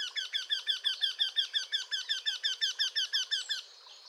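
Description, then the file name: Eurasian wryneck giving a steady series of many ringing, nasal 'kyee' notes, ending abruptly. "torcol"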